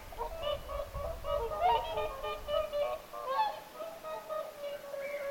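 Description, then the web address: Whooper swans honking together, many hoarse trumpet-like notes overlapping in a dense, unbroken chorus throughout. Several whooper swans calling at Lintulahti, 6 November 2025. "paivat 6 11 2025 laulujoutsenten aantelya lintulahdella n"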